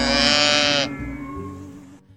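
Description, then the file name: Calf giving a single harsh, nasal bleat lasting under a second, followed by a fainter fading tone and a low steady hum. "veau"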